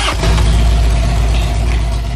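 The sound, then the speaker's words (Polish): A Harley motorcycle with a carbureted 115-cubic-inch RevTech engine of over 2 litres, about 120-130 horsepower, catches and settles into a loud, deep, steady throbbing rumble that holds at an even level for about two seconds, with no voices. “No tutaj będzie 115 cali na gaźniku RavTech silnik, także spory, ponad 2 litry.”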